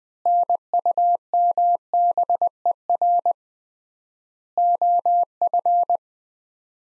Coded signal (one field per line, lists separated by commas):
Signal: Morse code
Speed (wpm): 21 wpm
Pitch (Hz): 700 Hz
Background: none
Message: NUMBER OF